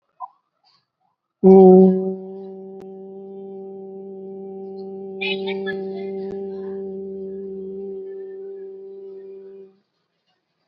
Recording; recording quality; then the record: sustained vowel as in boot; excellent, no background noise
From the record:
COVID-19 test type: RT-PCR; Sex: male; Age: 29 years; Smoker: no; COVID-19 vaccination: both doses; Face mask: worn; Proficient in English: yes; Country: India